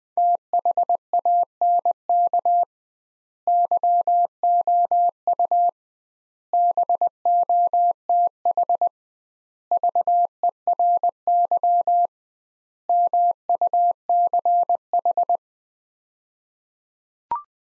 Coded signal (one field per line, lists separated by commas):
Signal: Morse code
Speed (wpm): 20 wpm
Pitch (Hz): 700 Hz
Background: none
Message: THANK YOU BOTH VERY MUCH